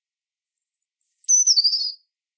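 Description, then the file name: European robin phrase: two long thin very high whistled notes followed by a rapid, slightly descending twittering flourish. "Erithacus rubecula"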